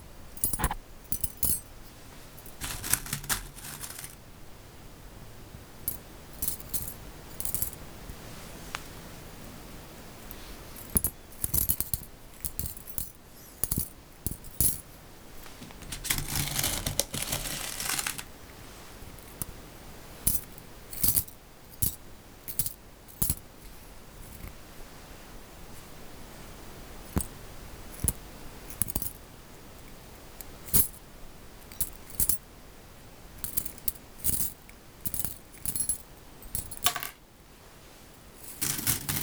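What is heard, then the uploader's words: Paper clip nails tapping in quick irregular bursts of sharp, bright clicks, with a denser rustling flurry around sixteen to eighteen seconds. クリップの音と指のタッピング. Tapping with Paper Clip Nails.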